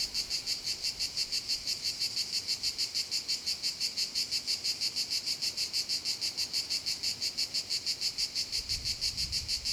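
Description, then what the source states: Cicada song: a high, dry buzz rising and falling in regular pulses about three times a second, steady throughout, with a brief low rumble near the end. Cicadas recorded at Castelvecchio di Rocca, Liguria, Italy.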